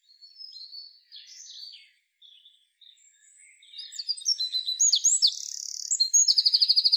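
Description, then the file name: Eurasian wren: scattered faint high chirps give way to a Eurasian wren's vigorous song of sharp notes and rapid trills, closing with a quick rattle. "Troglodytes troglodytes"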